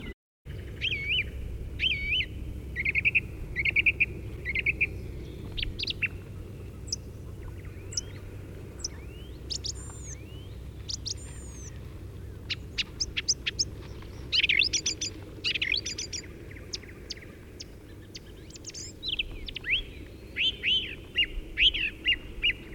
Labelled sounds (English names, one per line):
Song Thrush song